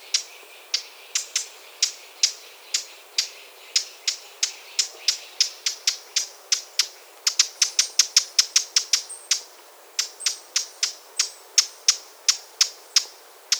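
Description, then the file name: Eurasian blackcap giving hard, dry tack calls, sharp clicks repeated steadily throughout, briefly quickening in the middle. "Sylvia atricapilla"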